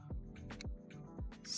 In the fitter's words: All right. So, we should hear uh snap.